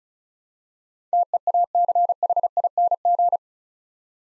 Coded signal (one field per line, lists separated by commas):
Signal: Morse code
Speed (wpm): 36 wpm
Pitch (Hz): 700 Hz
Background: none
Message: TEACHING